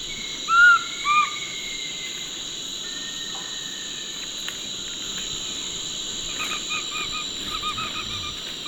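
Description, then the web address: Large-headed flatbill call: two short, loud whistled notes near the start, then faint repeated notes amid constant insect hum. Recorded in Ecuador. "S America Birds of Ecuador. Large-headed Flatbill"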